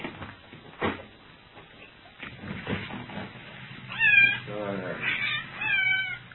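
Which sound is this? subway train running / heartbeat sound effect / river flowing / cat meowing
cat meowing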